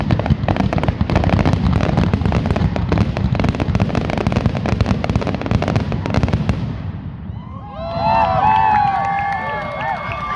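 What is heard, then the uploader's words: A fireworks finale at the NC State Fair: dense, rapid crackling and popping bursts pile up with a deep rumble for the first seven seconds. The barrage then thins, and from about eight seconds whistling and crackling trails and cheering voices rise over the continuing low rumble. The finale of the firework show at the NC State Fair.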